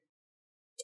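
A guitar pick is pushed 2–3 mm between the top and bottom plastic covers of an Acer Aspire V7 (V7-481-6682) laptop, with its screws already removed for a RAM upgrade, and twisted to release the bottom cover's snap clips. After a faint low murmur and near silence, one sharp, bright click sounds at 0.8 s. The plastic bottom cover clips pop open and release from the chassis.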